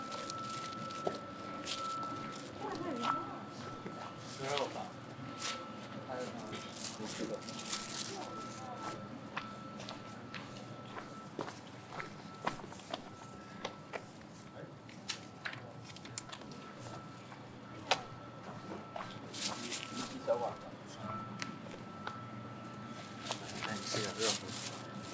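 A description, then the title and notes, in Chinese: Evening outdoors after sunset at a grassy field: scattered voices murmur while sharp clicks and footstep-like taps come often and irregularly, loudest near the end. A thin steady whine and a low rumble run underneath throughout. 日落后的草场地｜城市声音。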